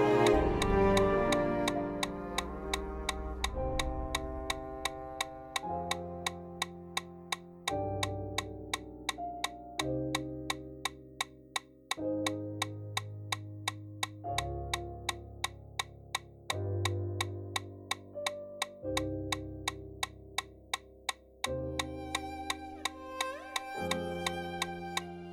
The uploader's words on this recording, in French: La séance vous permet d’avoir un métronome pour courir à une cadence de 170 pas par minute pendant 1 heure.